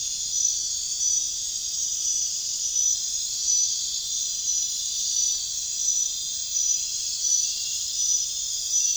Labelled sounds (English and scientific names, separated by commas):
none